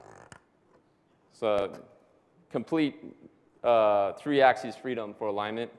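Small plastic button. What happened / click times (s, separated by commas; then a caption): A plastic release button clicks to free a ratchet joint / 0.3 s. The release button on the plastic mount of a NanoBeam antenna is pressed, giving a short, sharp click at 0.3 s that unlocks the mount's ratchet joint from its detent lock so it can be unwound. A few faint ticks come just before the click. After about a second of quiet, someone talks for the rest of the clip.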